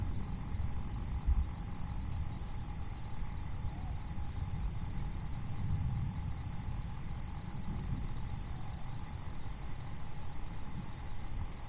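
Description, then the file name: Insects keep up a constant thin, high drone, with a fainter steady tone below it, over a bed of low rumbling wind. Night recording as a thunderstorm approaches. "zapsplat nature thunderstorm approach insects"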